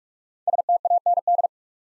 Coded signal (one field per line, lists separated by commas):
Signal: Morse code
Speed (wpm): 44 wpm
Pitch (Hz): 700 Hz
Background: none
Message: STAND